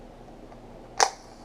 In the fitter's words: if you could hear that, that's the spring going forward,